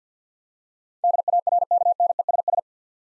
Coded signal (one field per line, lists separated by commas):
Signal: Morse code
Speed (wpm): 50 wpm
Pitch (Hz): 700 Hz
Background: none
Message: DARKNESS